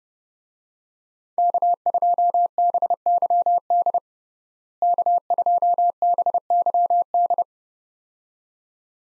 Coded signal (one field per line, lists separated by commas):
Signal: Morse code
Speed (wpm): 30 wpm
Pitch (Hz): 700 Hz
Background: none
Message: K2BYD K2BYD